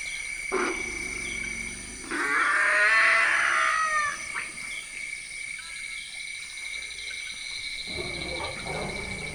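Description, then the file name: African forest elephant roaring: one harsh, loud harmonic blast lasting about two seconds, with shorter rough calls before and after, over a constant insect drone and steady high tones. Recorded in the Central African Republic. "The Elephants In The Room Dzanga Bai Central African Republic"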